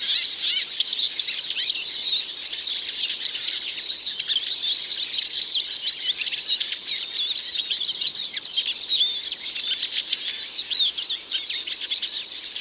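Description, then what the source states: Eurasian siskin flock chattering continuously, many overlapping high twitters and thin buzzy notes forming a steady, unbroken chorus. Obelfing, 4 January 2014.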